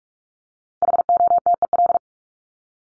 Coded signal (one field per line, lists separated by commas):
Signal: Morse code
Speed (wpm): 44 wpm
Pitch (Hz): 700 Hz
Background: none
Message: HOTEL